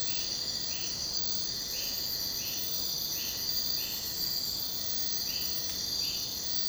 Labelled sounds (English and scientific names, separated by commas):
none